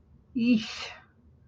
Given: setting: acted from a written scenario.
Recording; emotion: vocal sound without words; embarrassment